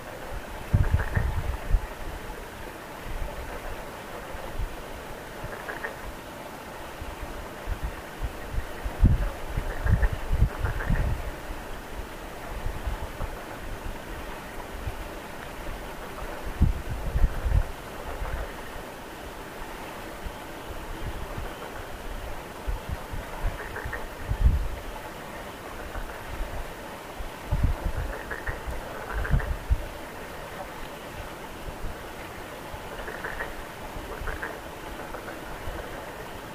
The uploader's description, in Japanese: カエル